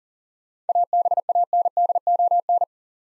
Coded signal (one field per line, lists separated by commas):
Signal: Morse code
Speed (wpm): 39 wpm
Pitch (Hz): 700 Hz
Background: none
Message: ABANDON